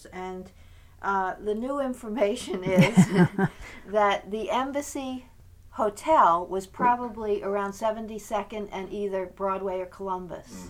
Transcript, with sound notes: And the new information is ( they laugh ) that the Embassy Hotel was probably around 72nd and either Broadway or Columbus.